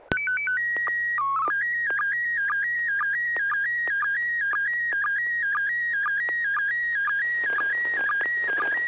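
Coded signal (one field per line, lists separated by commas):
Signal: SSTV (slow-scan television)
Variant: PD 120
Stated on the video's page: Weekly SSTV net on a 441.30 MHz FM repeater using MMSSTV.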